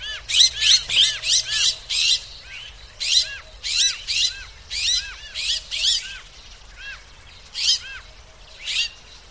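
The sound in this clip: Bird calls: a rapid, irregular series of short, bright chirps and squeaky arched notes, several each second, with brief pauses between bursts.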